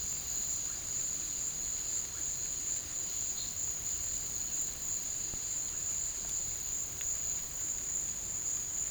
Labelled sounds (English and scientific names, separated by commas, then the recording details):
none
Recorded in secondary vegetation near Puerto Asís, Putumayo, Colombia, on 21 March 2025 at 14:30
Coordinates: 0.489, -76.322
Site G042